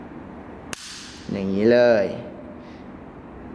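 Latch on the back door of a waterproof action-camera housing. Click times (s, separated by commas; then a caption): 0.7 s. The latch on the back door of a plastic waterproof Xiaomi Yi action-camera housing is hooked over its catch and pushed down until it closes. A sharp snap at 0.7 s shows the case is properly shut, and then someone talks.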